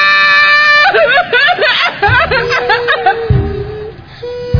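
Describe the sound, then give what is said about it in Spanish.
A mother cries out in anguish as her house is burned, her voice breaking into wavering, high-pitched wails and sobbing bursts that rise and fall over several seconds, loud and raw throughout. “Mi mamá dio un grito. Un grito que salía de las entrañas de la tierra como volcán.”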